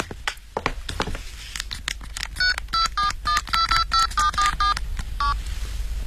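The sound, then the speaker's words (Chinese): A series of electronic keypad tones as a phone number is dialed at the Jinlang Hotel to call a company boss, around ten short beeps in quick, slightly uneven succession, preceded by some soft handling noise and faint crinkling. “对不起，小姐，我给我们老总打个电话，请示一下。”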